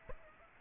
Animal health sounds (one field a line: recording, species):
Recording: mosquito wingbeat signal from an infrared sensor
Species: Aedes aegypti